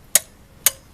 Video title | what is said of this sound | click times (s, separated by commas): HOW TO CHANGE SPARK PLUGS FORD FUSION 2011 | if you want to hear that one more time just make it click | 0.1 s